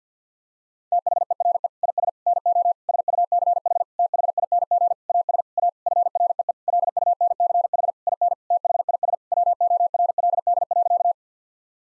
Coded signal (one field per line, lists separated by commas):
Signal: Morse code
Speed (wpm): 49 wpm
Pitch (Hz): 700 Hz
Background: none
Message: THERE IS NO SUCH THING AS A FREE LUNCH IN THIS WORLD.